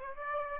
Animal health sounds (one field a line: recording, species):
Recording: mosquito wingbeat signal from an infrared sensor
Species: Aedes aegypti